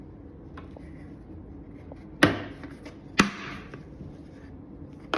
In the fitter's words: it just kind of snap in place but if you have to